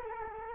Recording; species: mosquito wingbeat signal from an infrared sensor; Culex quinquefasciatus